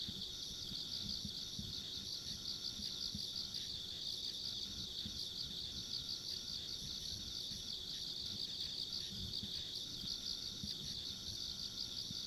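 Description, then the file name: Insects sing in a sustained, buzzing high trill, with a thin very high tone above and low rumbling background throughout. Ambient insect sounds recorded along a country road. "田舎道の虫の環境音"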